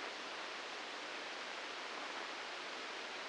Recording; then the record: brain microelectrode recording played as sound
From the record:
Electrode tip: inside the subthalamic nucleus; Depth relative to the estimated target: -2 mm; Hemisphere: right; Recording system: NeuroSet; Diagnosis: Parkinson's disease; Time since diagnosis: 9 years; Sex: female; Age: 51 years